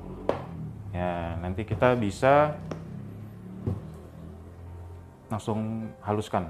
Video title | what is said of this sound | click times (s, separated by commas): cara membuat gula halus dan unboxing Blender IDEALIFE | ini lalu Sampai bunyi klik ya | 0.3 s